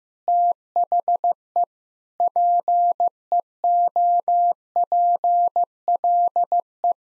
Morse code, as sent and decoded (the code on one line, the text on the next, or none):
- .... . / .--. . --- .--. .-.. .
THE PEOPLE